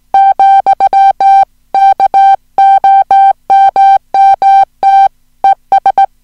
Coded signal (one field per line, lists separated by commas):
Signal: Morse code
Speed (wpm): 17 wpm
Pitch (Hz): 780 Hz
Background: music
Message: , KOMMT ES